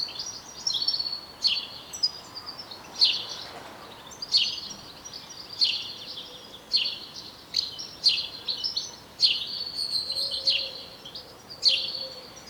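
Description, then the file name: House sparrow chirping, a run of rough, clipped chirps repeated throughout. "Passer domesticus"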